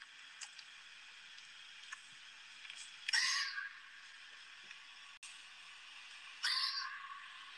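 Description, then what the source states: Fox screams, two short hoarse shrieks about three seconds apart over steady low hiss, with a few faint clicks between. Easily misinterpreted call, sometimes mistaken for a person screaming.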